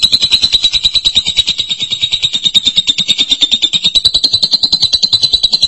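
Lovebird song, one continuous rapid, buzzy, high-pitched chatter that holds steady with only slight rises in pitch throughout.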